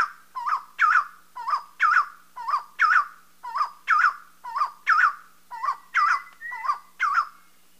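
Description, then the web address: Dark-backed Wood-Quail calling: a rhythmic series of rich, mid-pitched rolling phrases, steady throughout, with a faint high thin whistle joining near the end. Recorded in Ecuador. "Birds of Ecuador. Dark-backed Wood-Quail"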